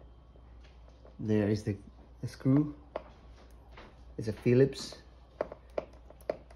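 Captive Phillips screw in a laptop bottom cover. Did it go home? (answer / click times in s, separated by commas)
released / 5.4 s, 5.8 s, 6.3 s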